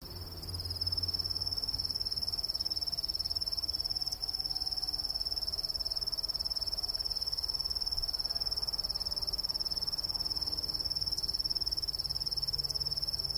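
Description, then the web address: Kusahibari cricket song: a continuous, very high, fine pulsed trill held steadily throughout, with faint low background rumble. Recorded 15 September 2008 at Nagaike. "nagaike kusahibari 080915"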